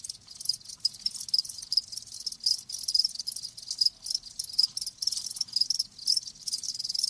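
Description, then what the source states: Crickets trilling in a steady high-pitched chorus, pulses rising and falling in loudness without stopping. Live crickets chirping; presented as lulling sleep sounds.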